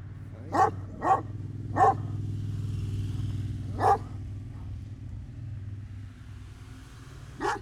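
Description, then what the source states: Dog barking in a few separate barks as engine noise and traffic rumble fill the background. Dogs barking amid street noise.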